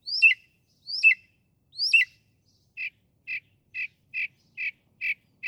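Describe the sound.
Northern mockingbird song: three slurred two-part phrases, then a steady run of short, lower chirps.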